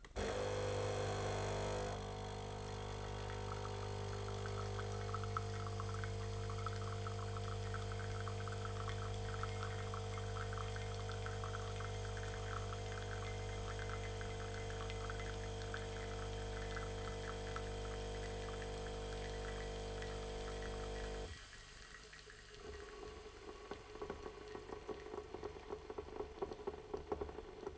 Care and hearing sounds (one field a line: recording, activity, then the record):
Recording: daily activity, microphone in the room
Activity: make coffee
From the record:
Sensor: 4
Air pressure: 1005.0 hPa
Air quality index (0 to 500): 187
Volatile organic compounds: 5 ppm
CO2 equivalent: 1836 ppm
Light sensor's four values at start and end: 18/59/22/21 and 19/63/24/22